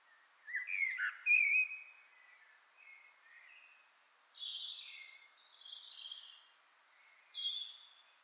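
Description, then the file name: Common blackbird singing a low fluty warble, then a few high, squeaky twittering notes. "Turdus merula"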